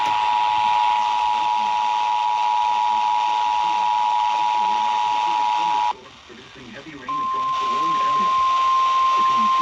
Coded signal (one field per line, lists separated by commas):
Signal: Emergency Alert System (SAME) tones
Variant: 853 and 960 Hz attention tone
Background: speech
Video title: EAS Alerts From July 8-9, 2022